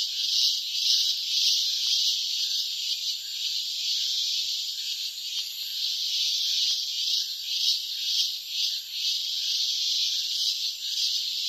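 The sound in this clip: Cicada song: an intense, even, high electric buzz.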